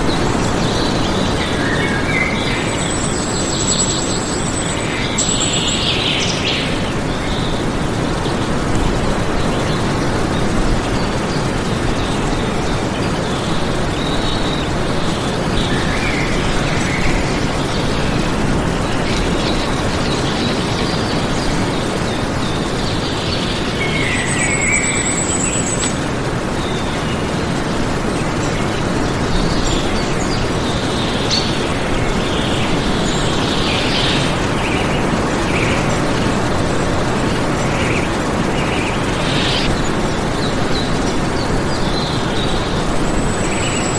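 Bird calls sound over a steady, dense rush of low noise, like traffic or wind. High, thin whistles recur every few seconds, with a brief burst near 3 seconds and again around 25 seconds, alongside scattered chirps. The background rumble stays constant throughout.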